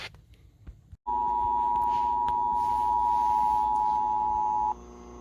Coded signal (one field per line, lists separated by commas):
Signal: Emergency Alert System (SAME) tones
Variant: 853 and 960 Hz attention tone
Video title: EAS #376-377 + WEA: Florida Blue Alert || 9/26/21